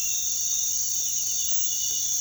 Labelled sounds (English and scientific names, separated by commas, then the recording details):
none
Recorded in pastures near Puerto Asís, Putumayo, Colombia, on 21 February 2024 at 06:00
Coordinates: 0.468, -76.328
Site G6414